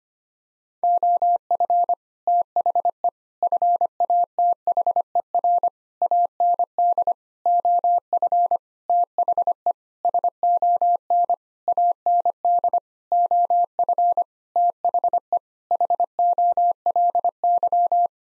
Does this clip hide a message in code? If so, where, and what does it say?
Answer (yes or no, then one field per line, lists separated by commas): yes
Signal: Morse code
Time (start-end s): 0.8-18.1 s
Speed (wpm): 25 wpm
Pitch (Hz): 700 Hz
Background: none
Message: OF THE FATHER AND OF THE SON AND OF THE HOLY